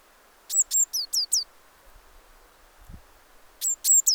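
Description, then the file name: Eurasian blue tit uttering high, sharp descending notes in a quick series, repeated after a pause, with a soft low thud in the gap. "Cyanistes caeruleus"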